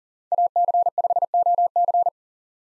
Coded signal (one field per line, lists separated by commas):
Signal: Morse code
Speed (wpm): 40 wpm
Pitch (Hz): 700 Hz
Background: none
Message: AC5OC